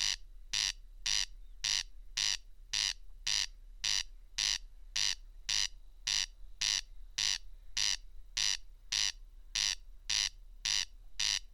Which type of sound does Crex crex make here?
song